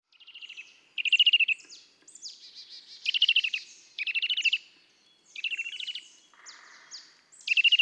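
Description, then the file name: Eurasian nuthatch uttering fast trilled bursts of piping notes, about one burst per second, with faint slurred whistles and a soft hiss near the end. "Sitta europaea"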